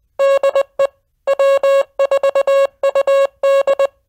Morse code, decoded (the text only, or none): DE W4UD